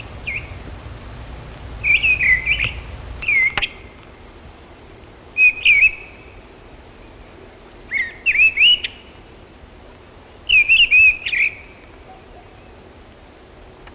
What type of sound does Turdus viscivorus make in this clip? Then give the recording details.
song. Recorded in the wild. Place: Knoten, DE. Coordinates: 50.6033, 8.1675. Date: 1964-03-30 17:45. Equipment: Uher Report 4000, AKG D190. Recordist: Krey, Winfried